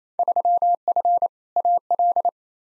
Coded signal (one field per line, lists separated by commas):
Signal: Morse code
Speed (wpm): 28 wpm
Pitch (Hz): 700 Hz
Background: none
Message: 3F AL